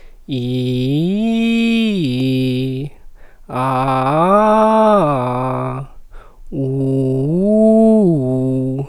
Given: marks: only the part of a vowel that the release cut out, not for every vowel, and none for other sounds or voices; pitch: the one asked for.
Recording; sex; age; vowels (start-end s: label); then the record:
sustained vowels; male; 20 to 29 years
0.57-2.56 s: vowel /i/, low-high-low pitch
3.71-5.61 s: vowel /a/, low-high-low pitch
6.70-8.69 s: vowel /u/, low-high-low pitch
From the record:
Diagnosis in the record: healthy voice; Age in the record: 20 years